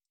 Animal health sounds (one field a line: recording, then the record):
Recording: hydrophone in a shrimp aquaculture tank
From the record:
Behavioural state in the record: stressed